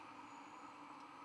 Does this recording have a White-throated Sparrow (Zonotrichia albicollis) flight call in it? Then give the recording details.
no. No flight call is heard. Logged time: 21:45 on 11 November 2014